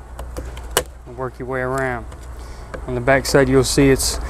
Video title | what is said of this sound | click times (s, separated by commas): 2015-2016 Ram Promaster City mirror and bulb replacement | going to pry till I hear it pop loose | 0.8 s